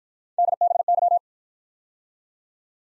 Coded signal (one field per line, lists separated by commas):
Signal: Morse code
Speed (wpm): 50 wpm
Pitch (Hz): 700 Hz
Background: none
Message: DBY